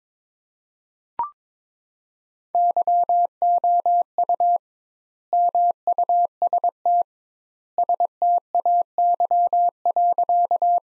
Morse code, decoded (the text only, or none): YOU MUST STAY.